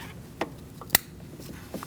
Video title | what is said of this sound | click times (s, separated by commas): How to Replace Ignition Coils 2008-2014 Mercedes-Benz C300 | And then once you hear that click, you're going to lock it in place. | 0.9 s